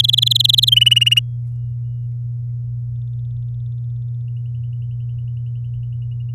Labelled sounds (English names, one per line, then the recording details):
Domestic Canary song
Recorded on 11 May 2018 at 08:00
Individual llb16